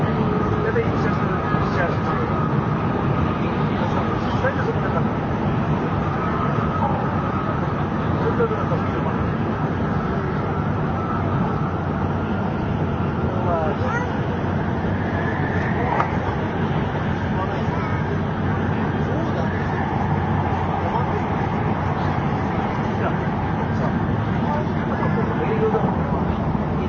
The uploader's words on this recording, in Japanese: JRN700系 京都〜新横浜。ひかり530号に乗車し、録音しました。